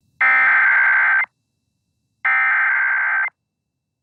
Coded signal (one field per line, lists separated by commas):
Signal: Emergency Alert System (SAME) tones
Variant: header bursts